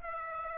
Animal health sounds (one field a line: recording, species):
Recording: mosquito wingbeat signal from an infrared sensor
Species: Aedes aegypti